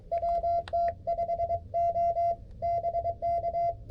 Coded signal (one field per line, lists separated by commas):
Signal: Morse code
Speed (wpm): 23 wpm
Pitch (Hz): 680 Hz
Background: none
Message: WT5O BK